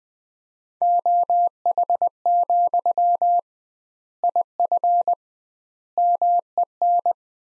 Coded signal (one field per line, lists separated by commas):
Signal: Morse code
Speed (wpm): 21 wpm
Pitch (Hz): 700 Hz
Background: none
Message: OH, IF MEN